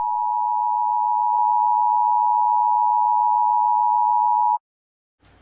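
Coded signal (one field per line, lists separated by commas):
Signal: Emergency Alert System (SAME) tones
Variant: 853 and 960 Hz attention tone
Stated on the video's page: Fictional scenario alert, not real.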